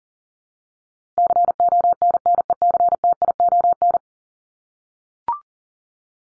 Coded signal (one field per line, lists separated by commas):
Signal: Morse code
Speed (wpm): 40 wpm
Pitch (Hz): 700 Hz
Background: none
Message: CONNECTION